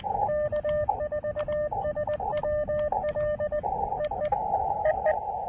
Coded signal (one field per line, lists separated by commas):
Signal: Morse code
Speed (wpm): 20 wpm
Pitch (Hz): 590 Hz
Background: radio noise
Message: K4SWL EE EE